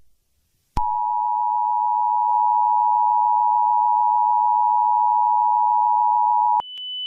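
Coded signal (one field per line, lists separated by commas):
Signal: Emergency Alert System (SAME) tones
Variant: 853 and 960 Hz attention tone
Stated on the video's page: Fictional EAS scenario about a purple minion attack, not a real alert.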